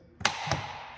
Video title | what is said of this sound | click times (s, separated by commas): @BMW X5 Maintenance Part 2: Interior & Exterior Cabin Filter Replacement | make sure you hear the popping sound and all the tabs are secured | 0.3 s